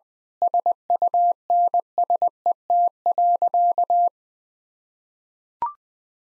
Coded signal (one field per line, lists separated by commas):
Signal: Morse code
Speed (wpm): 20 wpm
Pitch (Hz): 700 Hz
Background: none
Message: SUNSET.